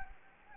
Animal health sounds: mosquito wingbeat signal from an infrared sensor; Anopheles gambiae

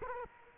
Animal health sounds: mosquito wingbeat signal from an infrared sensor; Culex quinquefasciatus

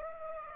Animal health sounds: mosquito wingbeat signal from an infrared sensor; Aedes aegypti

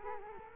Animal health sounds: mosquito wingbeat signal from an infrared sensor; Culex quinquefasciatus

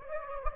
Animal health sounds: mosquito wingbeat signal from an infrared sensor; Anopheles gambiae

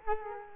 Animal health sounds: mosquito wingbeat signal from an infrared sensor; Culex quinquefasciatus

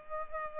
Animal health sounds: mosquito wingbeat signal from an infrared sensor; Culex pipiens

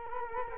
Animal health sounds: mosquito wingbeat signal from an infrared sensor; Culex quinquefasciatus

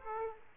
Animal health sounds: mosquito wingbeat signal from an infrared sensor; Aedes aegypti

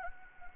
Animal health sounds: mosquito wingbeat signal from an infrared sensor; Anopheles gambiae

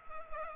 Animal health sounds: mosquito wingbeat signal from an infrared sensor; Culex pipiens

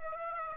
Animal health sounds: mosquito wingbeat signal from an infrared sensor; Aedes aegypti

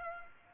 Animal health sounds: mosquito wingbeat signal from an infrared sensor; Aedes aegypti

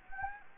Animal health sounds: mosquito wingbeat signal from an infrared sensor; Anopheles gambiae

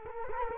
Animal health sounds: mosquito wingbeat signal from an infrared sensor; Culex quinquefasciatus

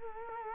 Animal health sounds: mosquito wingbeat signal from an infrared sensor; Culex quinquefasciatus

